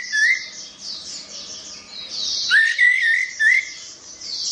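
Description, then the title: Orange-headed thrush giving clear, rising slurred whistles, first alone and then in a quick series of three, over a faint high, airy twittering. "Anis Merah"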